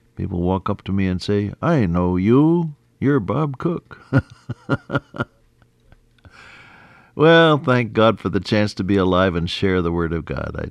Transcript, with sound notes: People walk up to me and say, “I know you, you’re Bob Cook.” [chuckle] Well, thank God for the chance to be alive and share the Word of God.